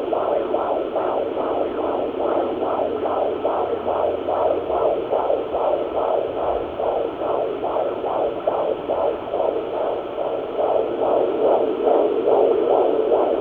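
Rapid, regular whooshing pulses at about 143 beats a minute over a steady background hiss: the galloping swish of a baby's heartbeat picked up by a fetal Doppler monitor.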